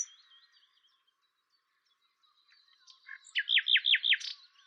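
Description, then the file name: Common nightingale song: faint quiet notes for several seconds, then four loud downslurred notes repeated quickly, finished with a short buzzy burst. "Luscinia megarhynchos"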